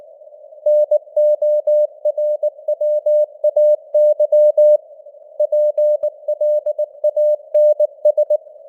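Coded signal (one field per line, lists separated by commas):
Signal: Morse code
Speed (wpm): 19 wpm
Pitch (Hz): 600 Hz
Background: none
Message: NORWAY PLANS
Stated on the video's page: Morse news headlines at 19 wpm with simulated radio noise and varying signal strength (QSB).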